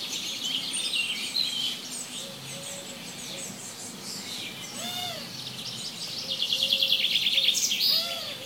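Chorus of birds: varied high chirps, a few arched whistled notes, and a fast repeated trill near the end.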